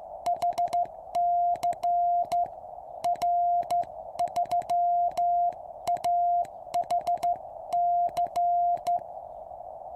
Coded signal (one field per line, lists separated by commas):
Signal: Morse code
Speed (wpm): 13 wpm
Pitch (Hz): 700 Hz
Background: music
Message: HC R3AHC